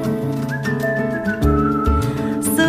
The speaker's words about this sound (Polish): o twych snach, o twych łzach nucę w sobie. Nucę, gwiżdżę sobie.